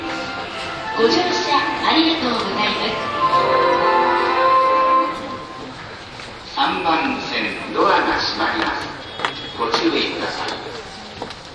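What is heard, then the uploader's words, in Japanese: Recorded aboard an E231 series Yamanote Line train on the outer loop, a voice speaks almost continuously, pausing briefly around the middle before carrying on in short phrases. A steady low rumble runs underneath throughout. E231系 山手線外回り01 東京～東京。2010年代当時山手線で主力車両だった、E231系山手線外回りを収録したものです。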